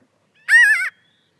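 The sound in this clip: Pinyon jay giving a single nasal, slightly wavering call, short and harsh with rich overtones, in otherwise quiet surroundings.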